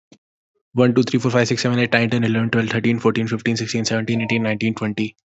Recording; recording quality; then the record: counting at a fast pace; excellent, no background noise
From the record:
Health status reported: healthy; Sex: male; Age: 19 years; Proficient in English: yes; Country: India